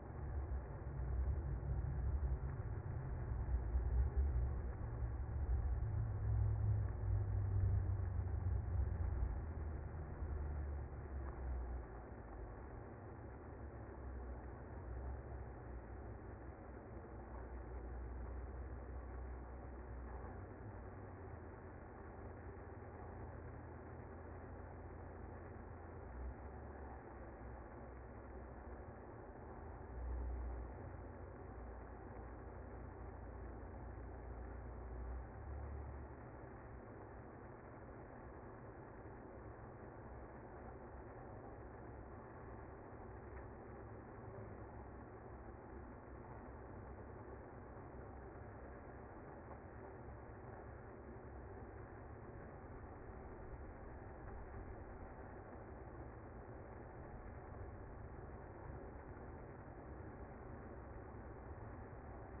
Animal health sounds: honeybee colony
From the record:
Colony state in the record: active

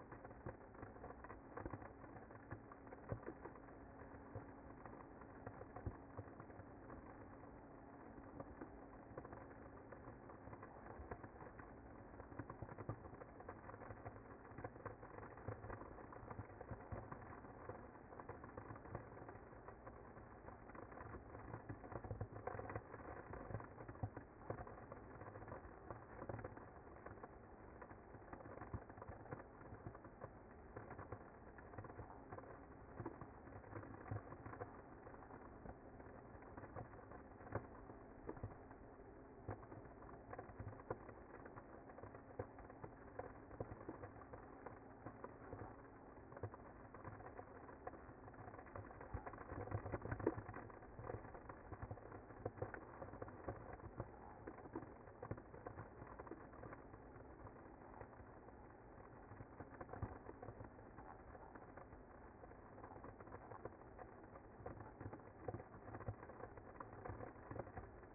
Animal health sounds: honeybee colony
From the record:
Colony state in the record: active

